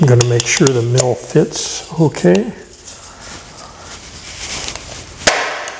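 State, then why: Seated. Someone talks, then presses a pepper mill grinding mechanism into the bored hole of a turned wooden pepper mill body to check the fit. A sharp snap at 5.3 s marks it seating in place, and it sits firmly without rocking.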